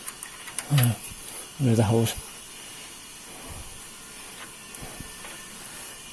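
A metal support piece of a Cub Cadet XT1 snow thrower attachment is held and lined up with the mounting holes on the tractor frame while someone talks. A steady hiss runs throughout, with a few light taps early on and one small knock near 4.8 s. The piece is only being positioned and has not yet seated or clicked into place.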